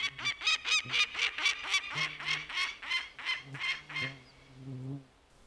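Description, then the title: Peregrine falcon giving a fast series of harsh, repeated cackling calls, stopping after about four seconds. Adult female alarm-calling at an intruder at her nest site on a fell cliff in wilderness in Inari, Finland, in early July; chicks already hatched. "Muuttohaukan huuto kaikuu upeassa maisemassa"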